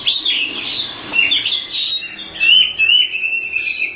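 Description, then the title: Oriental magpie-robin singing a continuous stream of whistled and chattering notes. "Kacer"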